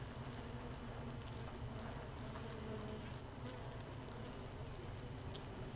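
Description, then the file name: Honey bee colony buzz, continuous deep droning hum without pauses, overlaid by soft intermittent ticking sounds. Hive 1 recorded without a queen, 31 May 2018, 15:30. "Hive 1 31 05 2018 NO Queen Bee H 1 audio 15 30 00"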